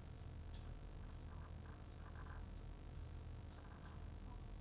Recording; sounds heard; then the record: poultry house recording; sick chickens (respiratory disease)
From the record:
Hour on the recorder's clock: 16